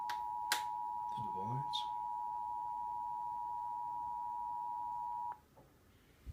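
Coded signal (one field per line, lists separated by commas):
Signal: Emergency Alert System (SAME) tones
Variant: 853 and 960 Hz attention tone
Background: speech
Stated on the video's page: Severe thunderstorm warning EAS alert for four central Indiana counties, broadcast in the early morning hours.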